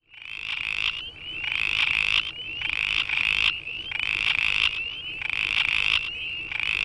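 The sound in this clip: Amphibian calling in short rasping pulsed trills repeated at a steady pace, bright and high-pitched, with brief pauses between.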